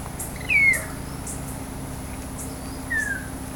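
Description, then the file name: Bird calls: two short, clear downslurred whistles, the first higher, about two and a half seconds apart, over a steady low hum. "SABIOD 50 bird 2015"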